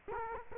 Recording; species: mosquito wingbeat signal from an infrared sensor; Culex quinquefasciatus